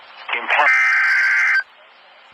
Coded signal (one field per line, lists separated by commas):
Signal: Emergency Alert System (SAME) tones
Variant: header bursts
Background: speech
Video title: Severe Thunderstorm Warning Norman,OK EAS#38